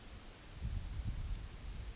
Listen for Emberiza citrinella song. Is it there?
no